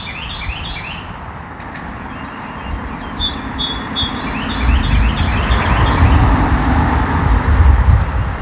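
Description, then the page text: Song sparrow singing phrases of quick repeated downslurred notes and high trills, while rumbling traffic noise grows louder. Recorded in Maryland, USA. "Song Sparrow by Ken Clark"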